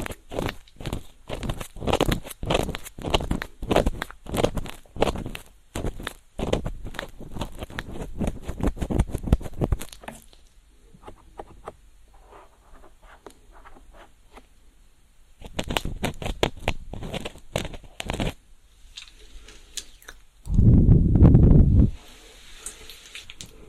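Ear cleaning with a feather pick, heard as dense, rapid scratching and brushing strokes for the first ten seconds, then a quieter soft rustle. A second burst of quick strokes comes around 15 to 18 seconds, and a louder, lower rubbing sound follows near 21 seconds.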